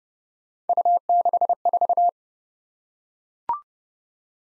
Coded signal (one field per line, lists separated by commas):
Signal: Morse code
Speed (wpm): 30 wpm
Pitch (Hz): 700 Hz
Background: none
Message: U64